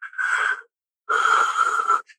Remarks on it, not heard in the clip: Upper airway resistance syndrome, where you don't even suffer from sleep apnea or snoring, but you're. There's just some resistance in your breathing. That can have huge downstream effects, almost sometimes to the same level of having sleep apnea as far as neurological issues, metabolic issues.